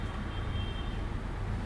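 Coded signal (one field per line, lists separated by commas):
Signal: none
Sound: electronic device beeps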